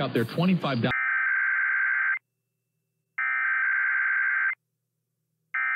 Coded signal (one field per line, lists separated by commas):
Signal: Emergency Alert System (SAME) tones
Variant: header bursts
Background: speech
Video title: April Weekend Tests Finale (EAS #17627-17633) 4/27-28/24